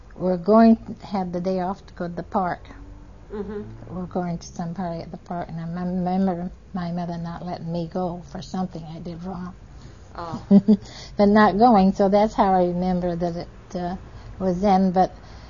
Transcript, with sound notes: were going to have the day off to go to the park, we were going to some party at the park and I remember my mother not letting me go for something that I did wrong (she laughs) and not going, so that's how I remember that it uh, it was then that,